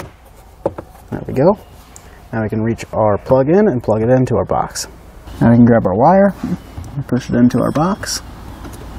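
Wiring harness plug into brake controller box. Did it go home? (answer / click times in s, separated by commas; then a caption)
no / none. Someone talks while handling the wiring harness plug for a Redarc Tow-Pro Liberty brake controller box under the dash of a 2020 Hyundai Palisade, with a few brief knocks near 0.7, 0.8 and 1.2 seconds. The plug is being pushed toward the box, but nothing has seated or clicked yet.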